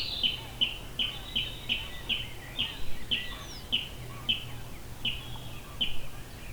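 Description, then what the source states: Water rail calling: a steady series of short, sharp, high notes, about two each second, over a faint low hum. Recorded on 1 May 2017.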